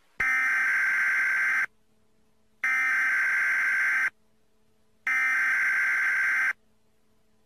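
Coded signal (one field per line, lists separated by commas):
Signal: Emergency Alert System (SAME) tones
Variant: header bursts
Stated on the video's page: Fictional Emergency Alert System tsunami scenario; simulated.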